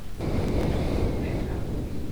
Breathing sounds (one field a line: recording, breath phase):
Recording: one breath near a microphone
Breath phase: exhalation